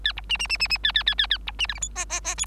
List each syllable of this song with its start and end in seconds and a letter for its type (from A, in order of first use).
0.04-0.13 A, 0.17-0.21 B, 0.29-0.37 C, 0.39-0.47 C, 0.49-0.57 C, 0.59-0.68 C, 0.69-0.78 C, 0.83-0.92 A, 0.94-1.03 A, 1.06-1.15 A, 1.18-1.27 A, 1.30-1.38 A, 1.47-1.51 B, 1.59-1.67 C, 1.68-1.74 D, 1.74-1.80 E, 1.81-1.89 F, 1.95-2.05 G, 2.09-2.21 G, 2.24-2.35 G, 2.37-2.46 H